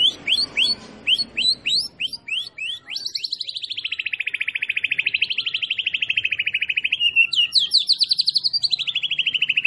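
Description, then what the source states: White-rumped shama song, a series of rising chirps followed by a long rapid, wavering trill that dips and climbs in pitch. Masteran (tutoring) recording of a champion (juara) bird.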